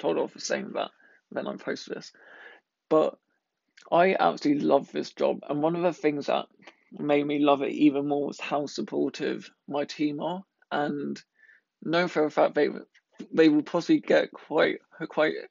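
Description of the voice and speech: Adult male speech with frequent pauses, a prolonged sound, and a repeated word: a mild stammer.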